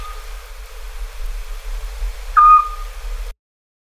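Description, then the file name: Eurasian scops owl uttering a single short, mellow whistled note, with a faint trace of an earlier note at the start. "Hibou Petit duc"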